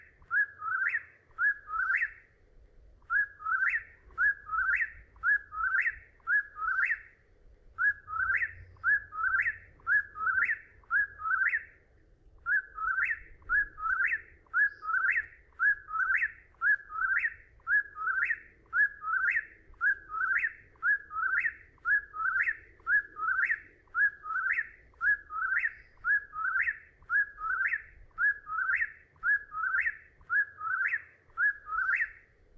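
A whippoorwill calls over and over, each clear whistled phrase rising and falling in quick succession, roughly two per second with brief pauses every few calls. The song stays steady throughout. A faint low rumble runs underneath.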